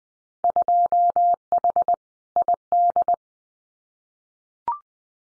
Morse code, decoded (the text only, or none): 2H ID